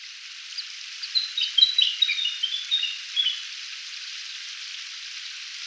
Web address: willy wagtail song